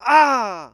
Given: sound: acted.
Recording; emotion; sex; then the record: nonverbal affect burst; pain; male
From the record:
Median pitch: 238 Hz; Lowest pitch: 108 Hz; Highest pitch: 313 Hz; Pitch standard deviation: 64 Hz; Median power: 71.4 dB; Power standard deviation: 12.9 dB